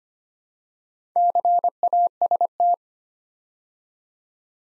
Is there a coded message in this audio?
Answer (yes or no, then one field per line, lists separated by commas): yes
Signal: Morse code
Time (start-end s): 1.2-2.7 s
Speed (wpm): 25 wpm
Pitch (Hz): 700 Hz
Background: none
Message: CAST